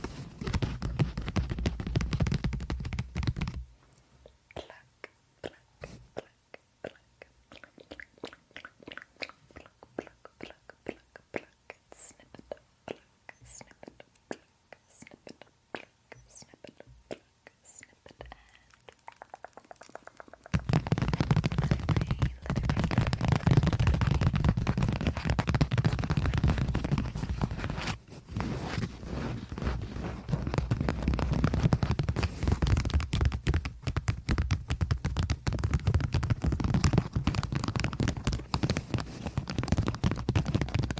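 Plucking and tapping on a microphone: after a brief loud rumble, a quiet stretch of crisp, irregular clicks and taps runs until about twenty seconds. Then a loud, dense, muffled rubbing and scratching takes over, deep, with sharp taps scattered through it.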